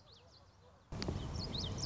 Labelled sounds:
Common Yellowthroat
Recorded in Sonoma County, California

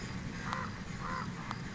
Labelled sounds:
Common Raven
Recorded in Sonoma County, California

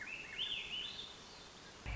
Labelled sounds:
Swainson's Thrush
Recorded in Sonoma County, California

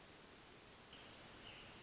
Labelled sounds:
Hermit Thrush
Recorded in Sonoma County, California

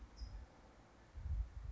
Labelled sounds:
California Towhee
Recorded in Sonoma County, California

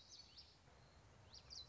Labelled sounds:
Common Yellowthroat
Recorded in Sonoma County, California

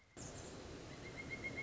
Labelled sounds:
Pileated Woodpecker
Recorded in Sonoma County, California

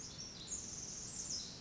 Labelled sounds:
Pacific Wren
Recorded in Sonoma County, California

